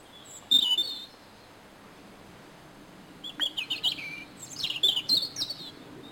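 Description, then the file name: European robin giving thin high chirps and twittering notes, a brief burst near the start then a longer scratchy series of high calls after a pause. "Erithacus rubecula"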